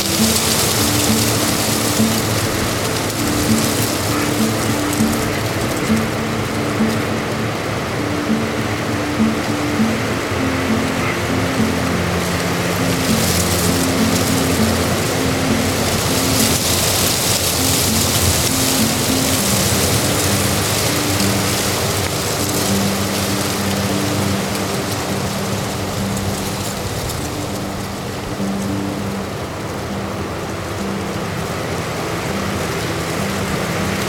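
Recorded on the Hochgern in wind and weather, a dense, steady roar of wind and rain hiss swells briefly around 13–17 seconds.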